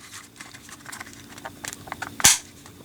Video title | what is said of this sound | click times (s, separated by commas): Samsung Galaxy S5 8500mAh Extended Battery - Zerolemon | Snaps right into place. | 2.2 s